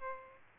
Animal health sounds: mosquito wingbeat signal from an infrared sensor; Aedes aegypti

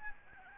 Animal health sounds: mosquito wingbeat signal from an infrared sensor; Aedes albopictus

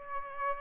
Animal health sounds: mosquito wingbeat signal from an infrared sensor; Aedes aegypti

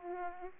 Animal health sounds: mosquito wingbeat signal from an infrared sensor; Aedes aegypti

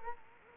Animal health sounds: mosquito wingbeat signal from an infrared sensor; Culex quinquefasciatus

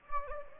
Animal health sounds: mosquito wingbeat signal from an infrared sensor; Anopheles gambiae

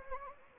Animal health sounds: mosquito wingbeat signal from an infrared sensor; Anopheles arabiensis

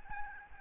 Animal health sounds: mosquito wingbeat signal from an infrared sensor; Aedes albopictus

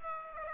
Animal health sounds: mosquito wingbeat signal from an infrared sensor; Aedes aegypti

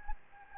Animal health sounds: mosquito wingbeat signal from an infrared sensor; Anopheles gambiae

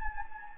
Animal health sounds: mosquito wingbeat signal from an infrared sensor; Anopheles gambiae

